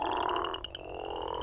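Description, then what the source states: Northern crawfish frog advertisement call, a deep, resonant snoring rattle of fast pulses, continuing steadily. Male advertisement call, a deep, loud, resonant nasal snore.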